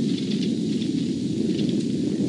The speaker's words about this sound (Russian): Спокойно, спокойно, товарищи. Это дошел звук взрыва.